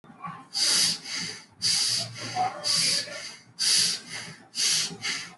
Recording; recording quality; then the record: shallow breathing; excellent, no background noise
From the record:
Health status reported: healthy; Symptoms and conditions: none ticked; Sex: male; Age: 32 years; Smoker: not ticked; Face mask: not worn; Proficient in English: yes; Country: India